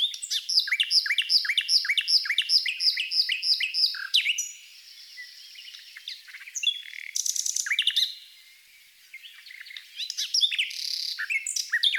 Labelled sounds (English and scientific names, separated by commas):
Common Nightingale (Luscinia megarhynchos) song